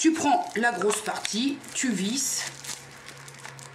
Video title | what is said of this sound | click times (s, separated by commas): [VLOG] "Petis achats Bio, Mini haul NOZ et test coloration Color Me" | et c'est clipsé. | 3.6 s